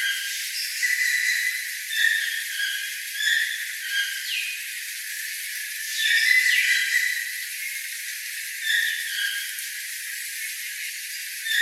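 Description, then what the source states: Toucans calling with rough, harmonic yelps in quick overlapping series, plus a few fast downward-sweeping notes midway, over steady hiss. Several toucans.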